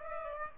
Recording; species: mosquito wingbeat signal from an infrared sensor; Aedes aegypti